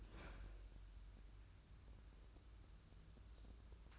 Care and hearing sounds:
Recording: daily activity, microphone in the room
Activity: open fridge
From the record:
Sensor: 2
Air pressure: 994.3 hPa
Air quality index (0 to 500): 212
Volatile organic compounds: 1000 ppm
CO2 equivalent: 7020 ppm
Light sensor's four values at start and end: 142/341/145/151 and 143/342/145/152

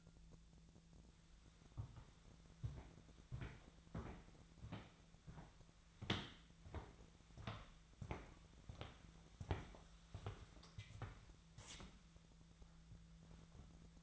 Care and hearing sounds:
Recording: daily activity, microphone in the room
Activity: walk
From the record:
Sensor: 3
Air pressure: 1008.2 hPa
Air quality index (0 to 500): 192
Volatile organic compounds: 14 ppm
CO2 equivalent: 2466 ppm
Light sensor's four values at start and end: 15/37/16/16 and 15/37/15/16

